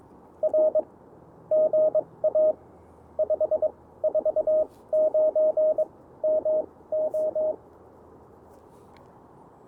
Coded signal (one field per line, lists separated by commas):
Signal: Morse code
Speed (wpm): 22 wpm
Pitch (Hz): 620 Hz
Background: none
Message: R GA 549 MO